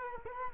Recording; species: mosquito wingbeat signal from an infrared sensor; Culex quinquefasciatus